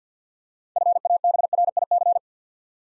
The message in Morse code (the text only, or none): FABRIC